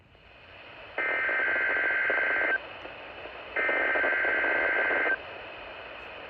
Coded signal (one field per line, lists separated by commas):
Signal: Emergency Alert System (SAME) tones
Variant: header bursts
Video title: FFC Double Header Weekly Test on KXI76 NOAA Weather Radio EAS